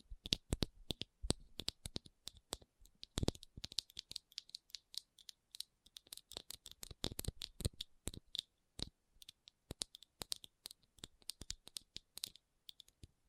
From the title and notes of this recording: ASMR SENSATIONAL RHINESTONE Tapping & Scratching Sounds (No Talking).